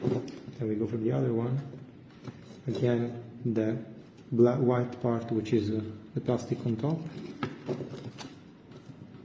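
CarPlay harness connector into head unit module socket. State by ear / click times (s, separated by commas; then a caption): not seated / none. A man talks while handling the plastic-housed wiring connector of a CarPlay kit for a Ferrari California T, with white plastic on top, as it is brought toward its socket on the head-unit module. Speech and light handling noises are heard, but nothing has seated or clicked yet.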